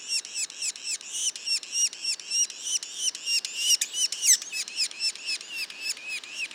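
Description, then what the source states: Yellow-bellied sapsucker juveniles calling in a rapid series of high arched notes, three to four per second, with a sharper, louder overlapping note midway. Juveniles, Mont-Orford National Park, Quebec.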